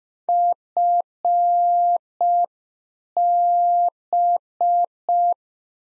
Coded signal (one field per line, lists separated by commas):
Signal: Morse code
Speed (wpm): 5 wpm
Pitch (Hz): 700 Hz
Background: none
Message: FB